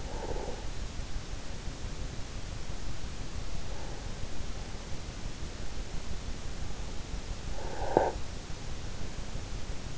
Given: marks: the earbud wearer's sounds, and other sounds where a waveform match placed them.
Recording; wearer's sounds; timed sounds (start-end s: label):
sounds in sleep by an in-ear microphone; breath
0.00-0.81 s: breath
7.65-8.28 s: breath